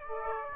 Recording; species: mosquito wingbeat signal from an infrared sensor; Aedes aegypti